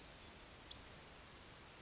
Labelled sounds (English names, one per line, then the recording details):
Western Flycatcher
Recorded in Sonoma County, California